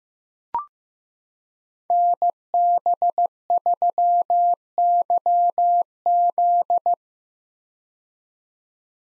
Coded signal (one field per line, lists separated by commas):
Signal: Morse code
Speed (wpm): 15 wpm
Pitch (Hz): 700 Hz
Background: none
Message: NB3YZ